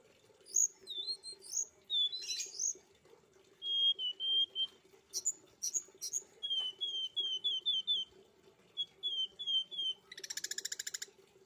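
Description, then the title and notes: Streaked spiderhunter song: scattered high chirps, then runs of short whistled notes around a steady pitch, with a brief buzzy burst at the end and a faint low hum. Training (masteran) recording for cage birds; bird described as singing actively (gacor), clear and long. "Pijantung Gunung Gacor Jernih Panjang. Masteran burung"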